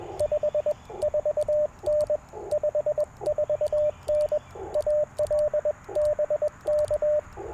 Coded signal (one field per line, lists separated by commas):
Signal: Morse code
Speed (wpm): 21 wpm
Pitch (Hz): 600 Hz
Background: radio noise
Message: 54N 54N AL BK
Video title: Explorer POTA20 & Packtenna - QRP CW POTA Activation 09/07/2024